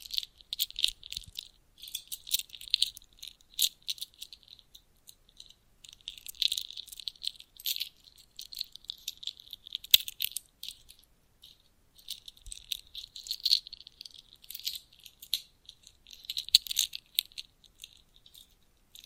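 Bracelets clink and rattle in bright, dense bursts of tiny metallic ticks, pausing briefly around five, twelve and eighteen seconds, with occasional soft knocks.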